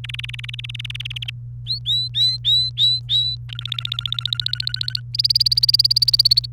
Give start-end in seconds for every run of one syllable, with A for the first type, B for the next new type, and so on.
0.04-1.30 A, 1.67-3.35 B, 3.49-5.00 C, 5.14-6.46 D